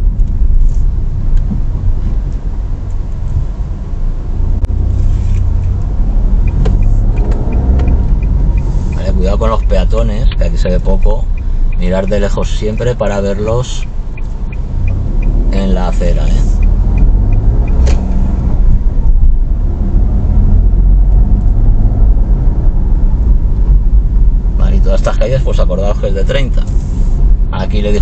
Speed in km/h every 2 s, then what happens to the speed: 4, 0, 10, 17, 14, 8, 3, 6, 13, 20, 29, 29, 28, 27.
2-6 pulls away to 17. 6-11 slows to 3. 14-20 speeds up to 29. 20-28 steady at about 28.